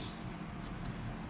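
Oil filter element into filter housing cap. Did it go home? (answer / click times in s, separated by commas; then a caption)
no / none. A new cartridge oil filter element is placed and lined up on the filter housing cap, ready to be pushed home. Only a steady low broadband rumble with a faint hiss is heard, with no distinct impacts. Nothing has snapped into place yet.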